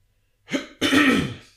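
Two quick throat-clearing bursts from an adult man with a throat tickle: a short harsh hack, then a longer, rougher voiced clear that fades out over about half a second. It is a plain throat clear with a small cough quality, in a quiet room.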